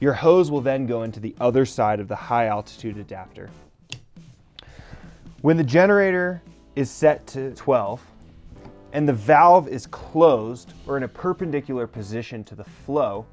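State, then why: Seated. A tent hose fitting is pushed into the other side of a high-altitude adapter while someone talks. Two sharp clicks are heard at 3.9 s and 4.6 s as the fitting seats in the adapter.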